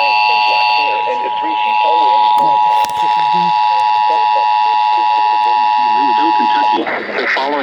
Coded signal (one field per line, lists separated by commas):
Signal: Emergency Alert System (SAME) tones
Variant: 853 and 960 Hz attention tone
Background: speech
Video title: EAS/NWR Alert or message #889-894: Kentucky Child Abduction Emergency/AMBER Alert #2